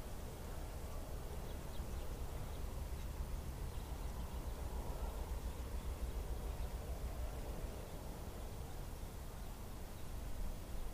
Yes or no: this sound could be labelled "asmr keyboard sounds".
no